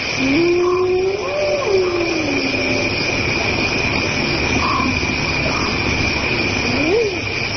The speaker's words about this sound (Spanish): pero las hienas que en plena noche en África suenan así.